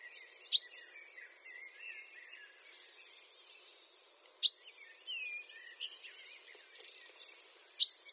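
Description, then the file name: Common chaffinch, three sharp, high single call notes spaced a few seconds apart, with faint soft twittering between them. "Fringilla coelebs"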